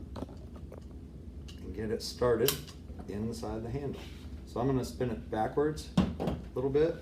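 A grip screw held on a driver is moved up into position inside a new Hogue rubber grip on the lower of a Barrett M99A1 .50 BMG rifle, lined up before threading. Only faint handling taps and rustles are heard while someone talks. The screw has not been threaded or clicked yet.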